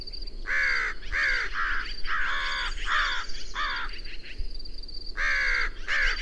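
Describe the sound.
Birds with hoarse cawing calls in groups of two or three, a quieter spell in the middle, a steady high ticking behind.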